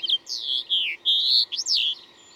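Bird singing clear whistled phrases, some falling and some level, followed by a quick rising-falling note.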